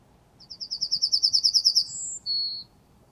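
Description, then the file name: Yellowhammer song, a rapid string of sharp repeated chips followed by two sustained notes, the first higher and the second lower. "Goldammer"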